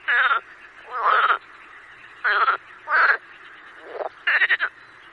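Marsh frog croaking in short, loud bursts about once a second, with a soft chorus behind.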